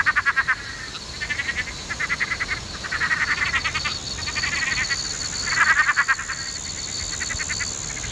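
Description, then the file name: Roth's tree frog calling in short pulsed rattling bursts, repeated about every second, with a constant high-pitched drone behind. "Litoria rothii"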